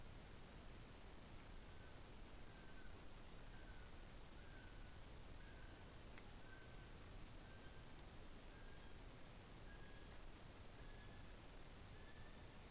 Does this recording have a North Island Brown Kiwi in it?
yes